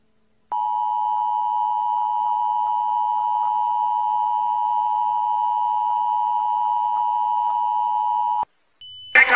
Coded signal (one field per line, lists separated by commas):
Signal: Emergency Alert System (SAME) tones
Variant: 853 and 960 Hz attention tone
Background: speech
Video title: The EAS is bout that 🔥